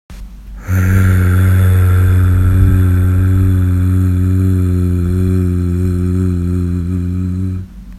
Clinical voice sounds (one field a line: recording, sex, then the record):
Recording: sustained vowel /a/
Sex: female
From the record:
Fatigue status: no fatigue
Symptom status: asymptomatic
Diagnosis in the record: COVID-19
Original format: m4a